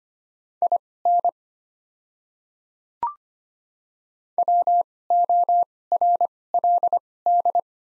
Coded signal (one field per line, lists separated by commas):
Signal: Morse code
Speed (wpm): 25 wpm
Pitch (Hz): 700 Hz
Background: none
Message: IN WORLD